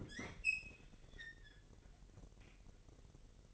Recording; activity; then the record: daily activity, microphone in the room; open fridge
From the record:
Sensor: 4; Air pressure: 1002.7 hPa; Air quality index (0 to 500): 244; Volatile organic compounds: 18 ppm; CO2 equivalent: 2615 ppm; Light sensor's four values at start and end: 4/10/3/4 and 4/10/4/4